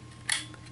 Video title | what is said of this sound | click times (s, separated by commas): KEL-TEC RDB Trigger Spring Kit – Trigger Job & Installation Guide - M*CARBO Accessories | There we go. You heard that snap, visually inspected it. | 0.3 s